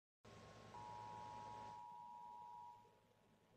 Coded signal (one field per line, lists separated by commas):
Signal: Emergency Alert System (SAME) tones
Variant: 853 and 960 Hz attention tone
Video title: EAS #2: Required Monthly Test - Indiana (6/15/2017) (WXIN)